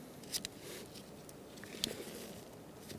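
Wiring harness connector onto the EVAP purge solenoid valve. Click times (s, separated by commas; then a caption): 1.8 s. A plastic wiring harness connector is pushed onto a new EVAP vapor canister purge solenoid valve on a 2005-2010 Chrysler 300. After a few faint clicks and handling noises, a sharp latch click sounds at 1.8 s. The connector is seated.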